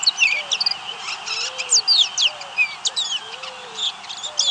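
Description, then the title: Baywing song: a busy jumble of high chirps, slurred whistles and short trills, with soft low arched whistles repeating underneath. "LuckyPassaro Completos2Sama. Baywing (Agelaioides badius)"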